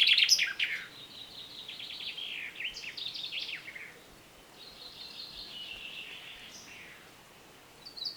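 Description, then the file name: Common chaffinch songs: one brief loud burst at the start, then several softer trills and descending phrases, with a short quiet stretch in between. "Fringilla coelebs"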